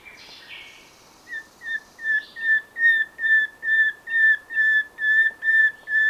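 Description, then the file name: Common nightingale song: a steady series of loud, pure whistled notes, each swelling in volume, after a brief rougher opening. "Luscinia megarhynchos"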